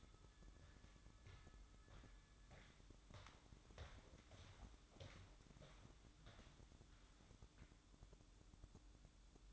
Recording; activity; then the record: daily activity, microphone in the room; walk to room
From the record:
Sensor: 3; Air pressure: 1008.2 hPa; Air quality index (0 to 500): 130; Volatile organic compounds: 2 ppm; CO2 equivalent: 1080 ppm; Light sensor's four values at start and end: 11/27/11/11 and 11/27/11/11